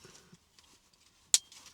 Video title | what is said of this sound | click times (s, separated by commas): 2013-2019 Ford PIU 9.26" ATO Dash Display Screen Kit Install Video | Slide it back in. Makes a nice solid click. | 1.3 s